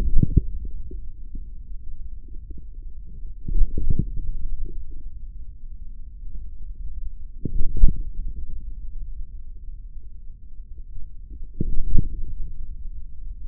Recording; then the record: forearm muscle sounds (acoustic myography)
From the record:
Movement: hand closing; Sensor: system 3, bracelet of six PUI Audio POM-2738L microphones around the upper forearm, with dedicated amplification and filtering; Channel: 1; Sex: male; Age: 43 years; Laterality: right